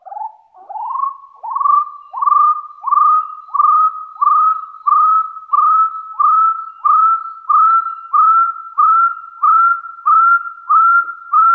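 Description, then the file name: Hill partridge giving a long run of upslurred whistles, starting lower and rising in pitch, about one and a half notes per second. "Tieng ga so nui"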